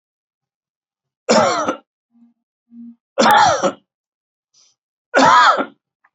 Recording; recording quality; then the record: shallow voluntary cough; excellent, no background noise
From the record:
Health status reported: healthy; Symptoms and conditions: hypertension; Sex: male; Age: 51 years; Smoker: not ticked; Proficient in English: yes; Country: India